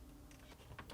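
A Whirlpool refrigerator water filter housing, part W11482384, is being handled into its plastic mount in the refrigerator ceiling, inserted at an angle with the left side connector tilted up toward the slots. Soft plastic handling noises rise to two short taps near 0.8 and 0.9 seconds. Nothing has seated or snapped into place yet.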